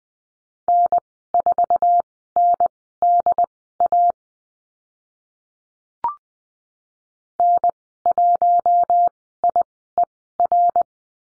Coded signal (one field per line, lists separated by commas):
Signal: Morse code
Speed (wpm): 20 wpm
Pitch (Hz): 700 Hz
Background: none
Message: N4NDA N1IER